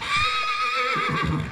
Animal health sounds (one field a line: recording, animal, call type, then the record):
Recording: contact call of a hoofed animal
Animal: horse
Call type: whinny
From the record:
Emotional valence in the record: negative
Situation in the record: group separation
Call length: 1.52 s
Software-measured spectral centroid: 2520 Hz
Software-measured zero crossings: 3360 a second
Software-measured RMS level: -24 dBFS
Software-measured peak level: -12 dBFS